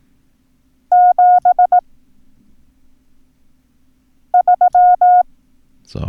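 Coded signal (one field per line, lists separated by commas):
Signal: Morse code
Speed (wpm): 18 wpm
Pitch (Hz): 720 Hz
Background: speech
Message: 73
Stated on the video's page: Morse code lesson teaching the numbers 3, 5 and 7.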